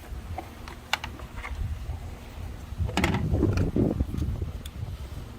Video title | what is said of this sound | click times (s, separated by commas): 19-22 Jeep Gladiator JT Smoked Black LED Tail Lights Installation Video - AMERICAN MODIFIED | plug them in there till you hear the click. | 0.9 s, 3.0 s